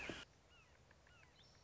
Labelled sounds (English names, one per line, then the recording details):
Red-shouldered Hawk
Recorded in Sonoma County, California